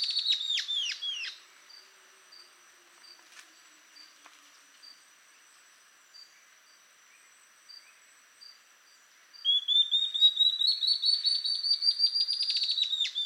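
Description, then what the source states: Ocellated antbird song: closing downslurred notes, a long quiet stretch with soft high chips, then another series of clear whistles rising in pitch. Subspecies mcleannani.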